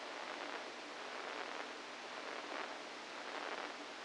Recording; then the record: brain microelectrode recording played as sound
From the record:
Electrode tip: inside the subthalamic nucleus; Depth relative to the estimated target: -4 mm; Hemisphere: right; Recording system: NeuroSet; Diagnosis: Parkinson's disease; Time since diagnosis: 7 years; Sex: female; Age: 68 years